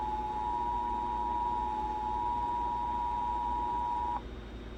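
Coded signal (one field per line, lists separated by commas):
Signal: Emergency Alert System (SAME) tones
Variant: 853 and 960 Hz attention tone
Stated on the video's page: EAS tests from NWS Memphis in Tennessee.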